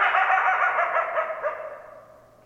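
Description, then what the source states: Coyote call: a single raspy, harmonic wail that slowly drops in pitch and fades out over about two seconds. Recorded 10 December 2012; more than one coyote.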